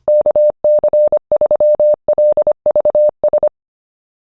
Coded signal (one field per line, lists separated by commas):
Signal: Morse code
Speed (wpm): 25 wpm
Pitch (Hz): 600 Hz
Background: none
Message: KC3LVS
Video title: Ham Radio for Beginners: What to Do After the Test